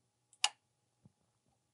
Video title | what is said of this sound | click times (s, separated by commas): Setting up the Faros for Vitrectomy - Faros - Full Version | pull it into the valve until you hear also a clicking sound | 0.4 s